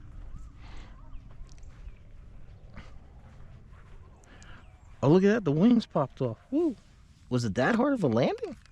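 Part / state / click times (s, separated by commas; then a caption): wing of a foam RC trainer plane into the fuselage wing mount / not seated / none. The foam wing of an OMP Hobby T720 trainer RC plane, which popped off on landing, is handled near the fuselage wing mount, with faint small ticks and low background noise while someone talks. Nothing has seated or clicked yet; the wing's plastic latch has not snapped into place.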